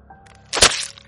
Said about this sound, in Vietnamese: Âm thanh kia giống như có người dùng sức rạch toạt một tấm vải.